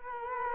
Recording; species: mosquito wingbeat signal from an infrared sensor; Culex quinquefasciatus